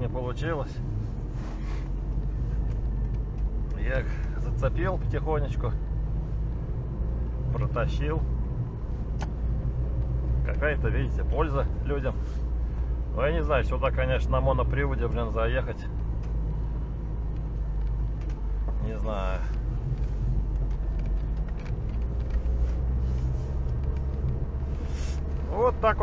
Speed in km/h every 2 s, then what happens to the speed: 6, 6, 10, 10, 10, 10, 10, 10, 10, 12, 10, 10, 9.
0-26 steady at about 10.